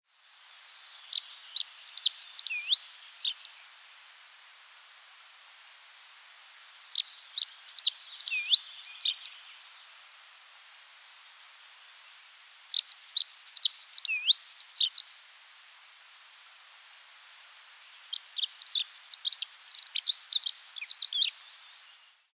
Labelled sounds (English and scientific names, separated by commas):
Dunnock (Prunella modularis)